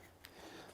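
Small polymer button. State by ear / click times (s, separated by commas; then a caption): released / 0.2 s. A finger presses the internal release button inside the grip frame of a Springfield Echelon 9mm polymer-frame pistol so the interchangeable backstrap can be removed. A short, sharp click sounds at 0.2 s over a steady low background. The button releases and the backstrap is freed.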